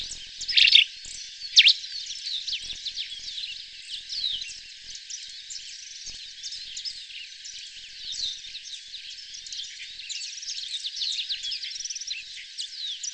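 Grey-crested Finch calls: dense high chirps and twittering, with two louder sharp notes near the start, then steady chatter throughout.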